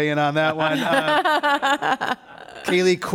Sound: laughter